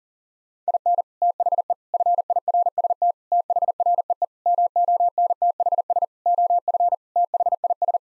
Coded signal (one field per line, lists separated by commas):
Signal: Morse code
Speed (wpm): 40 wpm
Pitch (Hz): 700 Hz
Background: none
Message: IN THE FIRST THREE MONTHS OF THIS